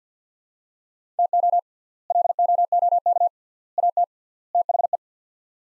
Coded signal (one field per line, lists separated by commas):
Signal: Morse code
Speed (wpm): 50 wpm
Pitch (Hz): 700 Hz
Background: none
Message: TO LOOK AT THE